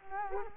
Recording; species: mosquito wingbeat signal from an infrared sensor; Culex quinquefasciatus